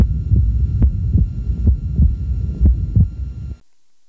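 Adult heart by stethoscope at the left upper sternal border. Wide splitting of the second heart sound with each beat that does not vary throughout the respiratory cycle, plus a soft mid-systolic ejection murmur; both characteristic of atrial septal defect with a large Qp:Qs, as the right ventricle is always fed the same amount of blood.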